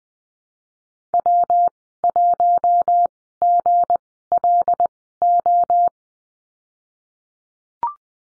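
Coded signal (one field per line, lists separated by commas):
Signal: Morse code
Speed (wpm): 20 wpm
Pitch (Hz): 700 Hz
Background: none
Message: W1GLO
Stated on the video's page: Morse course lesson on the letter b with call signs, Farnsworth speed 20/10 wpm.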